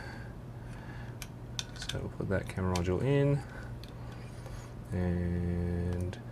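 A Raspberry Pi camera module board is handled and brought toward the small retaining clips of a plastic case, with light ticks at about 1.2, 1.6 and 3.8 seconds over a steady low hum while someone talks. The clip ends before the board goes home; nothing has seated or clicked into place yet.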